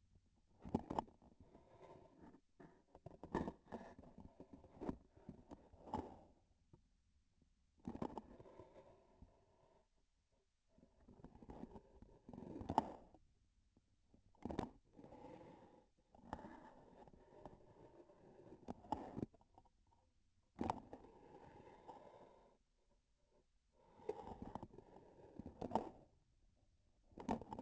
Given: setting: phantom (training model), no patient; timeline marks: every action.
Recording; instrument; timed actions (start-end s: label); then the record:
laparoscopic instrument, vibration sensor on the handle end; grasping forceps
0.47-1.22 s: releasing tissue
5.69-6.53 s: grasping tissue
7.70-8.39 s: releasing tissue
12.21-13.26 s: grasping tissue
14.26-14.83 s: releasing tissue
18.76-19.34 s: grasping tissue
20.49-21.00 s: releasing tissue
25.32-26.26 s: grasping tissue
27.04-27.62 s: releasing tissue
From the record:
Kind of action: gesture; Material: synthetic tissue